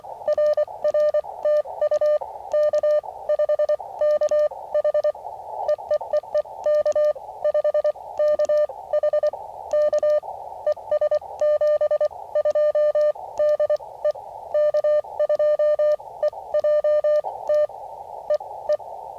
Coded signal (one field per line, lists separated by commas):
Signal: Morse code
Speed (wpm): 23 wpm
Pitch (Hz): 590 Hz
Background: none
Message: RR TU K5KH EEEE K5KH K ES 72 DE K2EJT EE